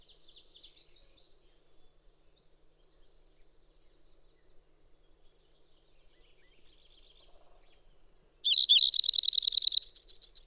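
Songbird singing: a few faint high twittering notes early, then a loud, fast, even trill of repeated high notes in the last two seconds.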